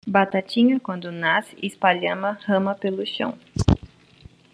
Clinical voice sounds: short text; Brazilian Portuguese; female; 30 to 39 years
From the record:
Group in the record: control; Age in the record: 30 years

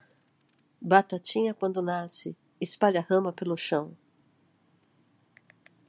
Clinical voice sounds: short text; Brazilian Portuguese; female; 50 to 59 years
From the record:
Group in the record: control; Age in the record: 52 years

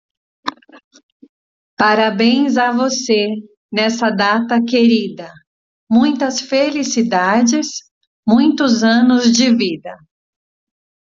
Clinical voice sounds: short text; Brazilian Portuguese; female; 40 to 49 years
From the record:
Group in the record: control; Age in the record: 47 years

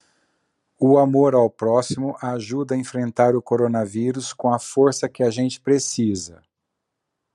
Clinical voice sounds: spoken sentence; Brazilian Portuguese; male; 50 to 59 years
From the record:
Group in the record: control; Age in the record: 50 years

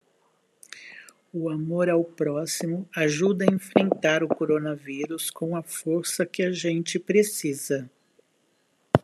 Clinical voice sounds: spoken sentence; Brazilian Portuguese; female; 60 to 69 years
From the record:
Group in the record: control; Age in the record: 67 years

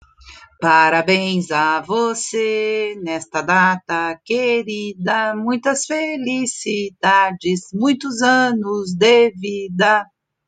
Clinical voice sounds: short text; Brazilian Portuguese; female; 50 to 59 years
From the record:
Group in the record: control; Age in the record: 58 years

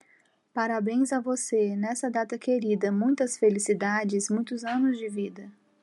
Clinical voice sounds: short text; Brazilian Portuguese; female; 30 to 39 years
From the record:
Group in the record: control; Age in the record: 38 years

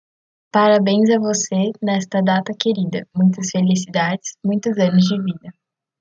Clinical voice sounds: short text; Brazilian Portuguese; female; 18 to 19 years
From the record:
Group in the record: control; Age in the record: 19 years

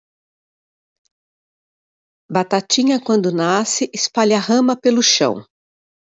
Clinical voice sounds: short text; Brazilian Portuguese; female; 50 to 59 years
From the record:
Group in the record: control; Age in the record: 59 years

